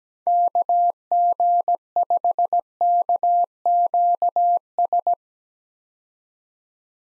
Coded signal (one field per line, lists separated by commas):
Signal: Morse code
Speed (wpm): 17 wpm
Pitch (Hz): 700 Hz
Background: none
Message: KG5KQS